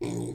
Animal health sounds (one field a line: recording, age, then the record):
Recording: pig call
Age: weaner (32 to 43 days)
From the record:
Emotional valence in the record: negative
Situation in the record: long isolation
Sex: female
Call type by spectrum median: low-frequency call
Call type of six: low-frequency stable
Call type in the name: low-frequency stable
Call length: 0.35 s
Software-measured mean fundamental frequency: 59 Hz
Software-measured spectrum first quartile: 236 Hz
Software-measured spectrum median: 394 Hz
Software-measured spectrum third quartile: 1598 Hz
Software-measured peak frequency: 343 Hz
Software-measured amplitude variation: 111 dB a second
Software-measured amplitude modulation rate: 28.6 a second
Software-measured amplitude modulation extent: 3.9 dB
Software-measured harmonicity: 5.7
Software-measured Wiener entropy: -3.34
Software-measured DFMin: 1105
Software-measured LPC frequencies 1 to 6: 342, 2264, 3567, 4219, 5382, 6870 Hz